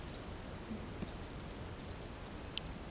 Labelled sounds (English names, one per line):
none